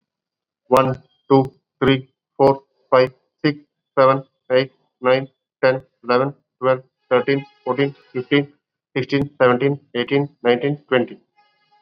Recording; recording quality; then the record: counting at a normal pace; excellent, no background noise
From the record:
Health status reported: COVID-19 positive, mild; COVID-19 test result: positive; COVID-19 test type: RT-PCR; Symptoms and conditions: cough, sore throat, fatigue, muscle pain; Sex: male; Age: 40 years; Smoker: no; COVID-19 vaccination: both doses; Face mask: worn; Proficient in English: yes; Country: India